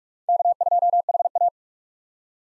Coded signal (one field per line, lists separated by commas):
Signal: Morse code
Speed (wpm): 46 wpm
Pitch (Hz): 700 Hz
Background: none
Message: K2HA